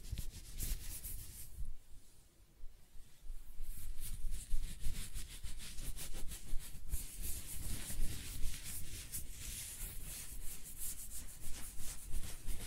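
Close-up hair being scratched and brushed, dense rough rubbing strokes with bright crackle, briefly quieter around two to three seconds.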